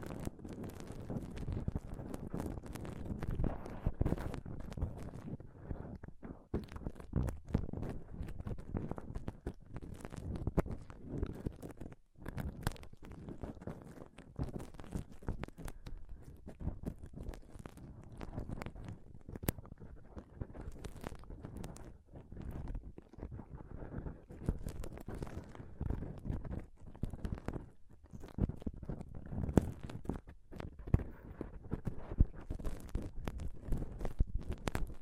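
Scratching and touching on a microphone, heard as a dense run of rough, rubbing scrapes and knocks that rarely pause. The sound is mostly low and thick, with frequent sharper flicks reaching higher, and a brief near-silent gap around twelve seconds.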